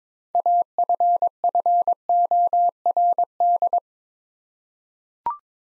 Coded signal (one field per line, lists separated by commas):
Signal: Morse code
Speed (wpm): 22 wpm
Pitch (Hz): 700 Hz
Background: none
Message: AFFORD